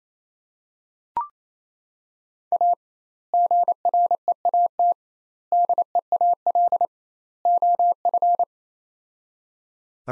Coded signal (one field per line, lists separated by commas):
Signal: Morse code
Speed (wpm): 28 wpm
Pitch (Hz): 700 Hz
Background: none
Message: A GREAT DEAL OF